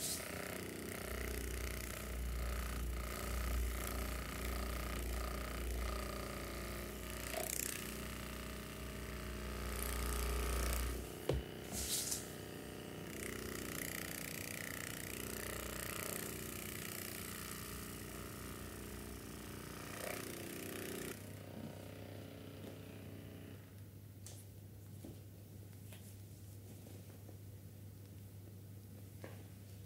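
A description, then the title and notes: An electric massager runs through a full body massage, a steady buzzing hum with a low drone and a few clicks and bumps around the tenth to twelfth seconds. After about twenty-one seconds the motor drops to a quieter, lower, smoother whir. Spa full body massage with massager.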